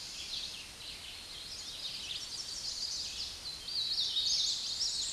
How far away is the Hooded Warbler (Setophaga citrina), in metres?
about 35 m